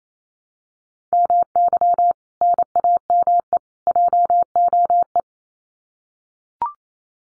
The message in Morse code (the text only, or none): MY NAME JOE